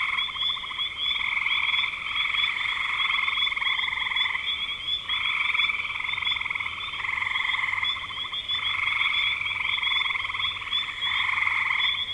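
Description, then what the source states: Frog chorus of rapid pulsed trills, bursts of a second or two overlapping almost without pause, over a constant thin high tone. Recorded in spring 2025.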